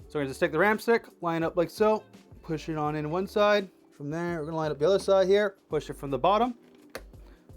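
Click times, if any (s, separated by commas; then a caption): 6.9 s. A DDR5 memory stick is lined up and pushed in from the bottom into a motherboard DIMM slot while someone talks, with music playing. The retention latch gives a sharp click at 6.9 s, and the stick is seated.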